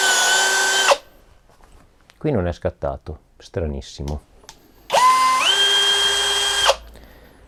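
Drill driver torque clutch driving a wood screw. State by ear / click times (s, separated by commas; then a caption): not seated / none. A Mensela ED-LX2 brushless percussion drill driver with a torque clutch drives a 4 x 20 wood screw, its motor whining from 0 to about 0.9 s and again from about 4.9 to 6.7 s, with someone talking in between. The clutch should have tripped at its setting but has not clicked.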